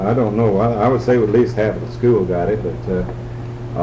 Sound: none

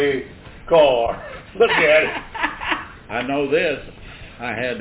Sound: laughter

